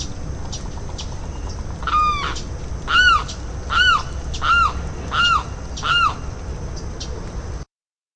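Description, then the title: Limpkin giving loud wailing calls, each an arched harmonic cry repeated about every 0.7 seconds, five in a row after a softer first note, over steady background hiss. "LuckyPassaro Completos2Sama. Limpkin (Aramus guarauna)"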